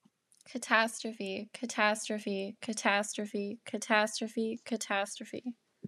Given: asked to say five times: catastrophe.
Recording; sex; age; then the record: repeated word; female; 20 to 29 years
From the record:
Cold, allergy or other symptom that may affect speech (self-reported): no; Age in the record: 26 years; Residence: Indiana, United States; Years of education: 12